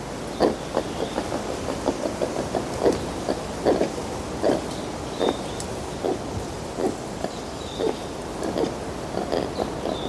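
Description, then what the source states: Brown lemur giving short low grunts in an irregular series, more than one a second at times. Adult animal.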